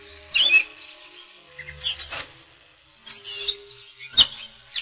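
Catbird song, bursts of harsh squeaky and scratchy notes separated by short pauses, with a faint low hum at times.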